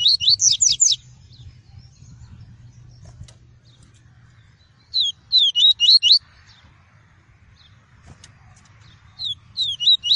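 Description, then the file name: Double-collared seedeater song in repeated bursts of four to six bright, high whistled notes, phrases returning about every four to five seconds with quiet background hum between them. Song of the "tui-tui" variety. "canto do papa capim tui tui"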